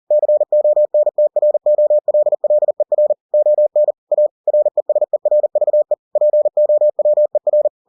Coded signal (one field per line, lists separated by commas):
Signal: Morse code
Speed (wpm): 40 wpm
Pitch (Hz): 600 Hz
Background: none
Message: CONTROLLER ON A RESERVE POWER